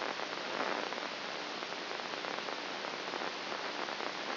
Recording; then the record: brain microelectrode recording played as sound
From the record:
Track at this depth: inside the subthalamic nucleus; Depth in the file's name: 1.64 mm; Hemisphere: right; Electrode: 2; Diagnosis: Parkinson's disease